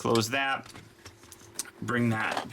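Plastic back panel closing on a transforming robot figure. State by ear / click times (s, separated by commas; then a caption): seated / 1.6 s. A plastic back panel on a Toyworld TW-H02 Brainwave transforming robot figure is closed after the head is pulled out with tweezers. Someone talks, and a sharp snap at 1.6 s shows the panel snapping shut and seated.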